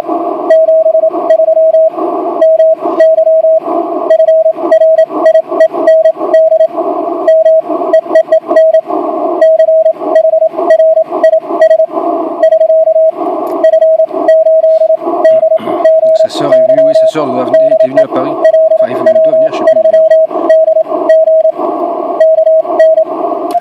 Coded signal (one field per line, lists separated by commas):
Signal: Morse code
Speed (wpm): 28 wpm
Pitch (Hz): 640 Hz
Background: speech, radio noise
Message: 73 MY FRIEND MEEEN CHRIS <SK> F8DGY DE LW3DG KN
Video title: LW3DG and F8DGY bug qso 10 m